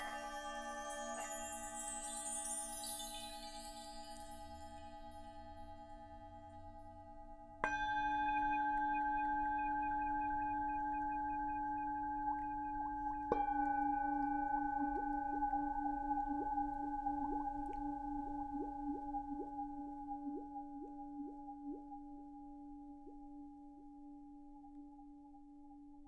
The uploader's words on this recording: This meditation has been recorded with a selection of real Tibetan (or singing) Bowls which produce a very soothing sound. These bowls have been recorded live in order to preserve the subtle sounds of the harmonic overtones they produce.